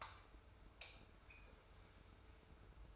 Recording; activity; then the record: daily activity, microphone in the room; light on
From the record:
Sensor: 2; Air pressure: 990.9 hPa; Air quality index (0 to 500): 121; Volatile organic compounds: 88 ppm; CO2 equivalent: 3668 ppm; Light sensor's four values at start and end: 25/60/24/24 and 30/78/31/31